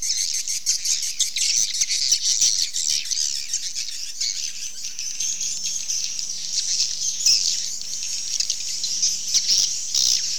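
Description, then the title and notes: Swiftlets in a dense chorus of high, shrill chittering twitters that run continuously and overlap, with rapid tick-like clicks throughout and a faint low hum underneath. Associated with swiftlet farming in Asia. "Swiflet Bird Sound. Farming Swiflet Bird asia sound"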